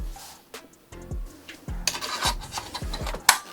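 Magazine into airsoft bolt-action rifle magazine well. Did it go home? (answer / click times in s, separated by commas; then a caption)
yes / 3.3 s. A magazine is pushed into the magazine well of an Ares Classic Line Lee Enfield L42A1 airsoft bolt-action rifle, with rubbing and light handling knocks as it is lined up and a sharper tap around 1.9 s. It locks home with a loud click at 3.3 s, seated securely.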